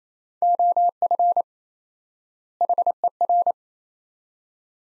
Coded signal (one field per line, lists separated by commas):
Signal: Morse code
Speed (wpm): 28 wpm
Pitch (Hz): 700 Hz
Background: none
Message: OF HER